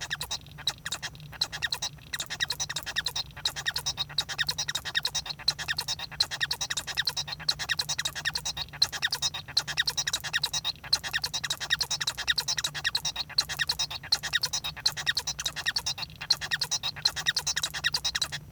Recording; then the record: song of a male Bengalese finch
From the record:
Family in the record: son of father 1